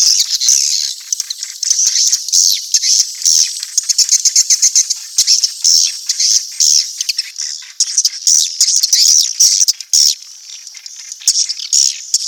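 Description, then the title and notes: Swiftlet twittering, rapid high buzzy chirps repeated in quick pulses. Asia; recording used in swiftlet farming to attract birds. "Swiflet Bird Sound. Farming Swiflet Bird asia sound"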